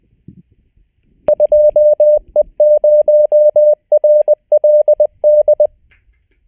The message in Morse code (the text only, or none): 2E0RLD